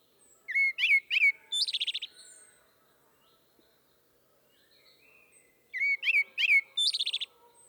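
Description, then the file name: Common blackbird song: two phrases of fluted notes, each ending in a rapid high twitter, with a quiet pause between them. "Turdus merula"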